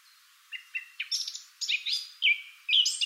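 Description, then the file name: Eurasian blackcap song: a few soft chirps open the phrase, then louder clear warbled notes follow in quick, uneven bursts. "Sylvia atricapilla"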